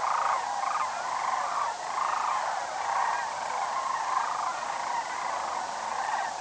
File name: sandhillcranes